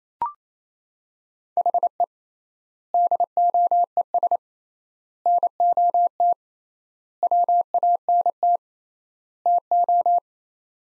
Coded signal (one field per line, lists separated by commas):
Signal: Morse code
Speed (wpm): 28 wpm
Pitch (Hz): 700 Hz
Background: none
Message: HE DOES NOT WANT TO